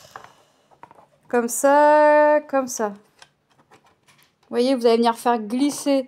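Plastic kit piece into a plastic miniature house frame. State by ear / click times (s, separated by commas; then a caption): not seated / none. A plastic kit piece is handled by hand against a plastic miniature house frame while building a miniature room kit, with a few small taps and ticks between stretches of someone talking. The piece is meant to slide into its slot and clip in with no glue needed, but nothing has seated or clicked yet.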